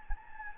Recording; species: mosquito wingbeat signal from an infrared sensor; Anopheles gambiae